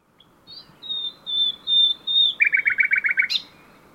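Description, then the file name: Common nightingale song: a long sustained pure whistle, swelling in a few pulses, then a rapid series of rich chucking notes ending in a sharp burst, over steady background hiss. "Luscinia megarhynchos"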